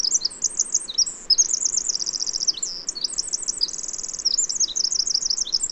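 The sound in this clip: Bird singing a long, continuous, very high warble of wavering notes broken by quick buzzy trills, barely pausing, over a soft background hiss.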